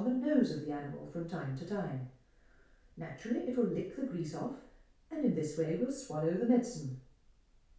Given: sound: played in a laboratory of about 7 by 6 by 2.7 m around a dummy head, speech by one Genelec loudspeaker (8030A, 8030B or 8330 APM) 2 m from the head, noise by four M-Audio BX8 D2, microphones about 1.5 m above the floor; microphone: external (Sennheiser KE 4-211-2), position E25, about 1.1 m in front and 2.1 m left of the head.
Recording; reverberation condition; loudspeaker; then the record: female speech in English; medium; in front (0 degrees)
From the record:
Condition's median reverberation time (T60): about 510 ms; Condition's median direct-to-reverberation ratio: about -0.5 dB